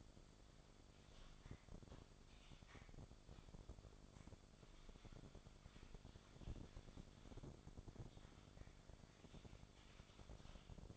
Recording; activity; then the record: daily activity, microphone in the room; typing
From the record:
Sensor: 5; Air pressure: 1004.6 hPa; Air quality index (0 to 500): 168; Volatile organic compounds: 4 ppm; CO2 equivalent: 1578 ppm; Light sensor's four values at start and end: 18/43/17/16 and 18/43/17/16